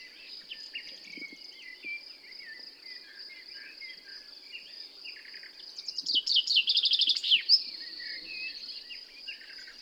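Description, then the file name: Common chaffinch song, one descending trill ending in a flourish, preceded by soft chirps and backed by a continuous high hiss. "Fringilla coelebs"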